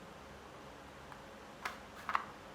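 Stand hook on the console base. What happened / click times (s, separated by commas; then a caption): The plastic stand hook clicked into place / 2.1 s. The stand hook on the base of a Sony PlayStation 5 console is turned all the way for horizontal placement over a quiet, steady hiss, with a faint tick near 1.1 seconds and a sharper tap at 1.7 seconds. A quick pair of clicks follows, and the hook clicks into place at 2.2 seconds, seated.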